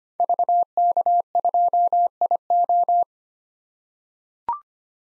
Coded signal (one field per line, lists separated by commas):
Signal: Morse code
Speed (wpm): 25 wpm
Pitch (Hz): 700 Hz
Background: none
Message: VK2IO